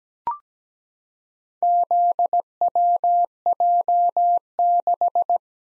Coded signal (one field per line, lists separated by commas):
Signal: Morse code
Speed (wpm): 17 wpm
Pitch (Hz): 700 Hz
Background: none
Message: ZWJ6